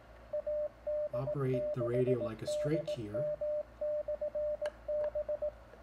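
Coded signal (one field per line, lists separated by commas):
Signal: Morse code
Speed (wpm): 18 wpm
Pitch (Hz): 600 Hz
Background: speech, radio noise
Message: AD6DM/B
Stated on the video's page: CW beacon generated by an Arduino on an Adafruit Trinket M0, keying an HF transceiver through its keyer port; for foxhunting and propagation testing.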